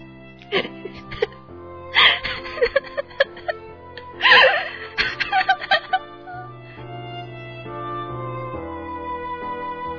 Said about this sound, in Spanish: En la soledad de su aposento, la mujer daba rienda suelta a su llanto.